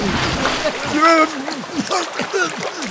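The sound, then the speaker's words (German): Loud splashing and sloshing water as a falling flying carpet carrying people plunges into a river, with churning, gurgling bursts continuing afterward and a brief voiced cry mixed in. “Der Teppich stürzt ab. Doch unsere Freunde haben Glück im Unglück. Ein Fluss bremst ihren Fall.”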